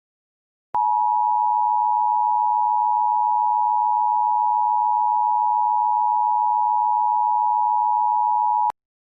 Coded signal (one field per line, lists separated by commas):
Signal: Emergency Alert System (SAME) tones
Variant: 853 and 960 Hz attention tone